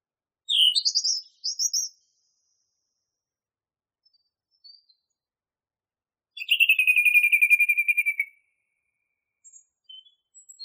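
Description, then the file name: Song thrush song with brief high whistled notes, then a rapid repeated trill of about two seconds, followed by a few faint scattered notes. Masteran recording used for training songbirds. "suara masteran songthrush"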